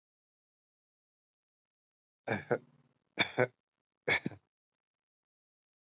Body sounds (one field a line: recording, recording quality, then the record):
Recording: shallow voluntary cough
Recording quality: excellent, no background noise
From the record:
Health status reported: COVID-19 positive, mild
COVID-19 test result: positive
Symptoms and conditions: sore throat, fever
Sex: male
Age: 23 years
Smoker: not ticked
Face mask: not worn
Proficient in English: yes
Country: India